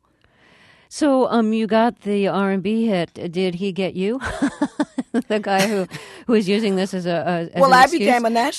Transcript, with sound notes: So, you got the R&B hit. Did he get you?
(Soundbite of laughter)
The guy who is using this as an excuse.